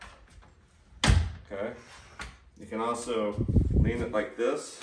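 The small steel frame lock latch on a convertible hand truck is pushed down to unlock it, and a loud, sharp hit sounds at 1.0 s as the frame is released and repositioned. Someone talks afterward.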